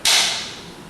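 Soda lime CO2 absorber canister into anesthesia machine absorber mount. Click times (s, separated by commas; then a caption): 0.1 s. A soda lime CO2 absorber canister is slid into the absorber mount of a GE Datex Ohmeda S5 anesthesia machine back feet first, then its front feet are pushed down. A sharp, bright click at 0.1 s rings and slowly decays over the rest of the clip. The canister is seated, with its front feet latched and the soda lime in place.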